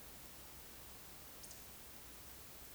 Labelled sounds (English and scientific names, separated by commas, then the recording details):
Eurasian Woodcock (Scolopax rusticola) whistle, Eurasian Woodcock (Scolopax rusticola) croak
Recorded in Baden-Württemberg, Germany, on 11 June 2021 at 20:25 UTC
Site 24606, 635 m above sea level